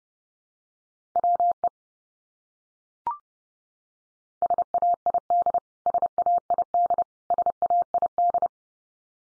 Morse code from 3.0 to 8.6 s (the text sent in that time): SAID SAID SAID